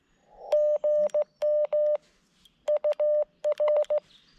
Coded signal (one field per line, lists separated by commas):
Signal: Morse code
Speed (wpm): 16 wpm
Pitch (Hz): 600 Hz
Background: none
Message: GM UR